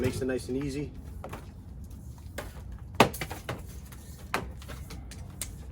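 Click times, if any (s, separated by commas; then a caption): 3.0 s. A quick-connect fitting on a propane heat-gun hose is pushed into its coupling and snaps in, seating with a sharp click at 3.0 s. Someone talks at the start, and a few softer knocks and taps follow the snap.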